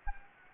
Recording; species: mosquito wingbeat signal from an infrared sensor; Anopheles gambiae